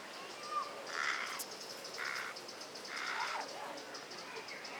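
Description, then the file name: Carrion crow cawing, three harsh, hoarse calls spaced about a second apart over a soft background hiss. "Corvus corone"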